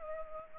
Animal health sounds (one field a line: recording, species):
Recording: mosquito wingbeat signal from an infrared sensor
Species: Culex pipiens